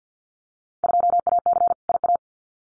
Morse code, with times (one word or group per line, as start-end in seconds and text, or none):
0.8-1.7 2AC
1.9-2.2 IA